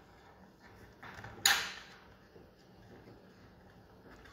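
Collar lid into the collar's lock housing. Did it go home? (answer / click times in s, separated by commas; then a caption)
yes / 1.5 s. The plastic lid of an iHerd cow monitoring collar is inserted into the back side of the collar's lock and pushed hard until it locks. Soft scraping and small ticks at about 1.0–1.2 seconds lead into a loud, sharp click at 1.5 seconds that fades over the next half second. The lid clicks into the lock and is seated.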